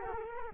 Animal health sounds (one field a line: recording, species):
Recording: mosquito wingbeat signal from an infrared sensor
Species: Culex quinquefasciatus